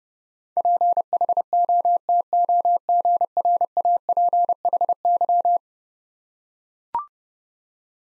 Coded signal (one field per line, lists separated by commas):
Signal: Morse code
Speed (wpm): 30 wpm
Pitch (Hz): 700 Hz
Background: none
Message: PHOTOGRAPHY